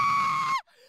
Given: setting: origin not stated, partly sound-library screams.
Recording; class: one-second piece from a danger detection set; woman in danger